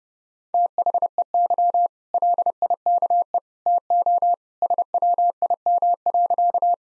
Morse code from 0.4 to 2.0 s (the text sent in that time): THEY